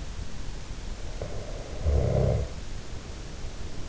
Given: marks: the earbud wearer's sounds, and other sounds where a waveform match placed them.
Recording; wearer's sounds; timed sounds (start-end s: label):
sounds in sleep by an in-ear microphone; snoring breath
0.98-3.38 s: snoring breath